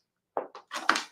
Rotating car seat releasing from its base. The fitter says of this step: you can hear a little click possibly I heard that you might not be able to and the seat removes from the base